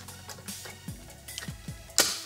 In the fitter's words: bis die beiden Klammern wieder einrasten und schwup die wup hat man das erledigt.